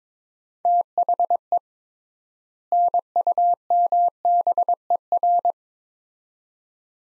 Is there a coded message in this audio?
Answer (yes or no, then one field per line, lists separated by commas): yes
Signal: Morse code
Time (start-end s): 0.7-5.5 s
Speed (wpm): 22 wpm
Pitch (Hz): 700 Hz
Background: none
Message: THE NUMBER